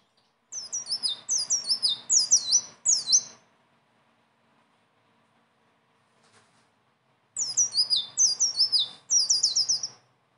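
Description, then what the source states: Leafbird song in two dense bursts of very high, rapid twittering whistles with falling slurs, separated by a quiet gap of several seconds. Song described as gacor (singing constantly) and ngeroll (rolling delivery) with isian (filler phrases); notes call it masteran, a tutor song.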